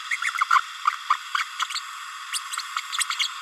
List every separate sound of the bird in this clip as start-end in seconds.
0.21-0.31, 0.50-0.61, 1.09-1.16, 1.34-1.44, 1.74-1.80, 2.32-2.39, 2.98-3.05, 3.19-3.28